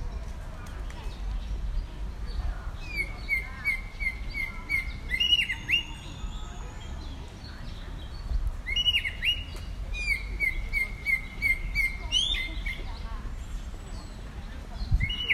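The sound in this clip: Chinese blackbird song in two bursts of varied phrases: a run of repeated clear notes, sliding whistles and high chips, over a constant low rumble.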